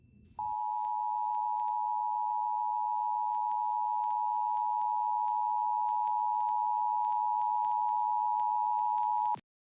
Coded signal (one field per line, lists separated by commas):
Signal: Emergency Alert System (SAME) tones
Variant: 853 and 960 Hz attention tone